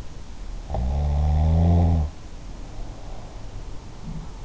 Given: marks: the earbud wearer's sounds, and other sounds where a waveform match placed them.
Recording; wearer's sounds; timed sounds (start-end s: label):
sounds in sleep by an in-ear microphone; snoring breath
0.53-3.47 s: snoring breath